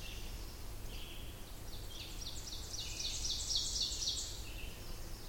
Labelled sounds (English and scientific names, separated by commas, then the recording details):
Ovenbird (Seiurus aurocapilla) song
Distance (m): 40 m
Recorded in boreal forest in Alberta, Canada, on 20 June 2016 at 08:32
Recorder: SongMeter 3, array SBT-6-81
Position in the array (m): 80 m, 61 m
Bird 24